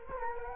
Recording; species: mosquito wingbeat signal from an infrared sensor; Culex quinquefasciatus